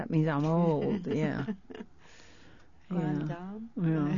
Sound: she laughs

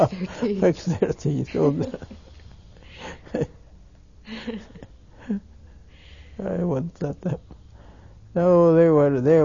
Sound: they laugh

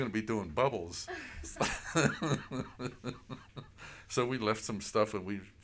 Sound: laughing heartily

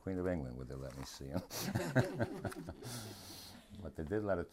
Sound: laughs

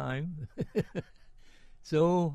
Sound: laughs

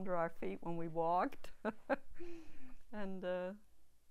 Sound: she laughs

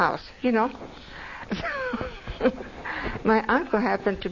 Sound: laughs

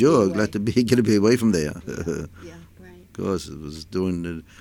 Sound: he laughs

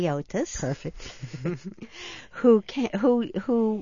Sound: laughs

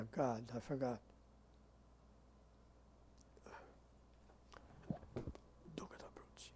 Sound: he whispers

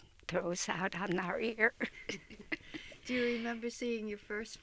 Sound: she laughs

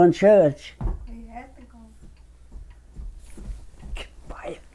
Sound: whispers

